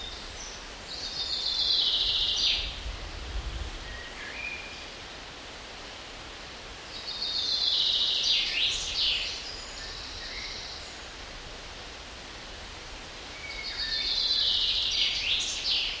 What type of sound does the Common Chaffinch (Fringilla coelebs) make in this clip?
song